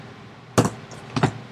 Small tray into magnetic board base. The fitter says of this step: look how easy that and it just pops right in there